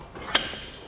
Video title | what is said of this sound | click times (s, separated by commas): etrailer - Checking Out the Replacement Inner Arm for Roadmaster Falcon 2 and BlackHawk Tow Bars | check to make sure it locks into place and we have proper operation now | 0.3 s